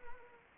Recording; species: mosquito wingbeat signal from an infrared sensor; Anopheles arabiensis